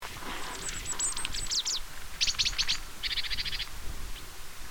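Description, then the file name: Great tit calls: quick bursts of sharp, high chirping notes in three short series, the last a tight even rattle, over a steady low background rumble. "Parus major"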